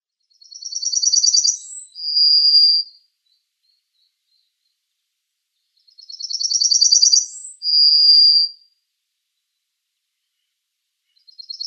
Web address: Schulze Peter Yellowhammer song